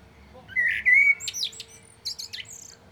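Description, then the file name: Common blackbird's flute-like whistled notes leading into a burst of thin, scratchy high-pitched twittering, with a faint steady hum underneath. "Turdus merula"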